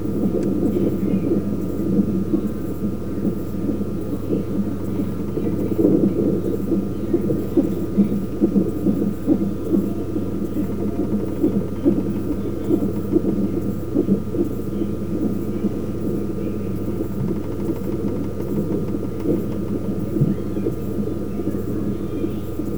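A muffled, whooshing rhythm pulses at about 140 per minute beneath a steady low hum and rumbling noise. This is a fetal heartbeat heard through the mother's abdomen, with a rate in the usual fetal range, much faster than an adult's.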